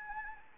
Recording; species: mosquito wingbeat signal from an infrared sensor; Anopheles gambiae